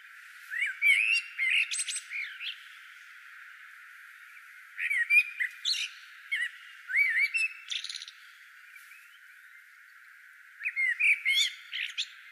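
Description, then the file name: Common blackbird giving high, warbled twittery phrases with sharp slurred notes, repeated in several separate bursts broken by short silences. "Turdus merula"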